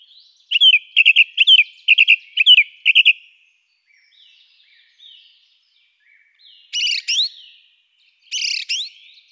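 Song thrush song beginning with a fast phrase repeated about six times, then a quiet pause before two sharp double-note phrases.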